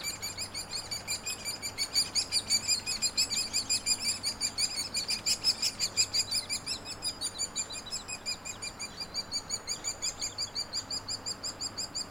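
Hairy woodpecker nestlings keep up a continuous, rapid chatter of high, thin calls, pulsing several times a second without a break. The din swells louder around the middle and eases toward the end, over a faint low hum and soft outdoor background.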